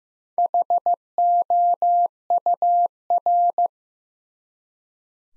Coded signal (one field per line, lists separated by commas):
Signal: Morse code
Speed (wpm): 15 wpm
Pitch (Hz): 700 Hz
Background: none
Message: HOUR